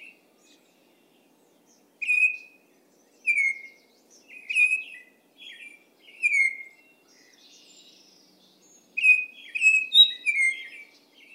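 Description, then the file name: Baltimore oriole giving whistled song: mellow, down-slurred notes spaced apart, ending in a quicker cluster of several whistles. "Bird Song Baltimore Oriole"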